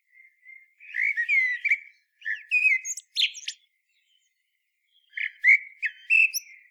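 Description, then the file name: Common blackbird song, fluted whistles mixed with high squeaky twitters in several bursts separated by brief silences. "Turdus merula"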